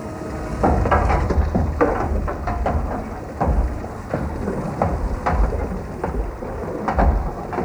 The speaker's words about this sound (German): Seid mal still! Hört ihr? Es gegen die Platten schlägt. Das Wasser ist da!